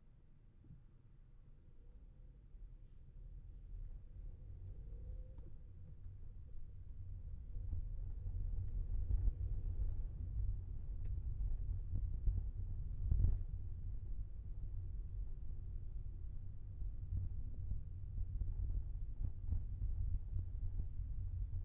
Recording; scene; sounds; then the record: everyday scene through a hearing-aid microphone; in a vehicle; engine, rumble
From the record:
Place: Skoda Fabia, gasoline engine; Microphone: behind the ear, left, rear